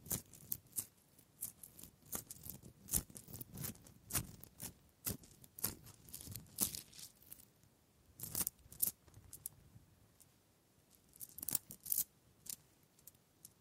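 Wooden triggers make crisp, dry taps and clicks in irregular bursts, each one short and sharp with a bright edge. The sounds come thickly through the first seven seconds, return in a quick cluster around eight to nine seconds, pause, then rise again near twelve seconds.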